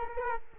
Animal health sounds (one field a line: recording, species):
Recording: mosquito wingbeat signal from an infrared sensor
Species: Culex quinquefasciatus